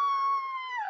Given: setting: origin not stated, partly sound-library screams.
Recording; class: one-second piece from a danger detection set; woman in danger